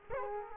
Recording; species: mosquito wingbeat signal from an infrared sensor; Culex quinquefasciatus